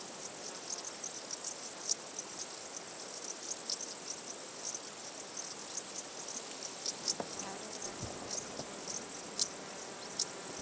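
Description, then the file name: Crickets chirping in a dense, continuous high-pitched trill, with scattered brief clicks over a steady night chorus. "Night Sounds, Cricket Sounds, Sounds of Nature Zone"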